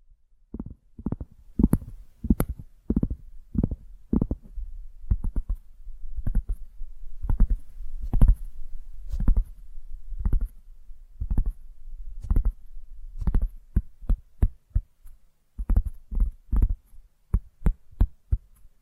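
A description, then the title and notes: Tapping in quick uneven bursts of soft, thumping knocks with a low, hollow body and brief bright clicks, continuing throughout over a faint low hum. ASMR Tapping Through Your Brain Invisible + Triggers (No Talking).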